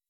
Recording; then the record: hydrophone in a shrimp aquaculture tank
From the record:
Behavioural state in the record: weakened